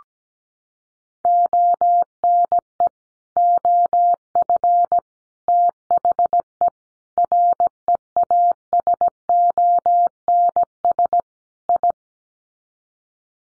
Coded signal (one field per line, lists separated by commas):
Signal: Morse code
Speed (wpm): 17 wpm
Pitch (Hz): 700 Hz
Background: none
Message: ONE OF THE REASONS I